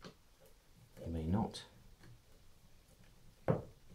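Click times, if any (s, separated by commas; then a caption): 3.5 s. An ABD Tools tap splitter puller is wound down in low gear against the sleeve tool to force an old metal tap head off its splined spindle while someone talks. A sharp click at 3.5 s marks the tap head releasing and popping off the spindle.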